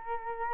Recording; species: mosquito wingbeat signal from an infrared sensor; Culex quinquefasciatus